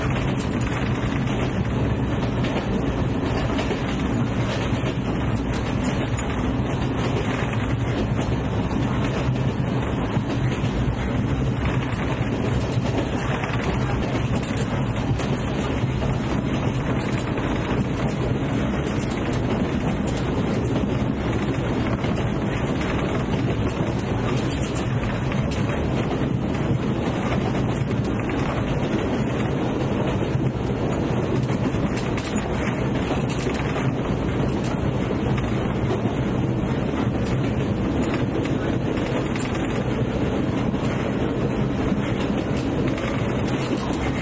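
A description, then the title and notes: A train runs steadily, a deep, continuous rumble that stays at one level for the whole stretch. The roar is thick and low, with a faint rattling texture and some wind-like buffeting on top, but no distinct separate events. Train sounds.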